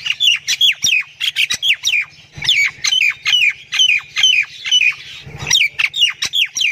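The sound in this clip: Myna giving rapid, repeated falling squawks with clicks, a dense rhythmic chatter over a faint low hum.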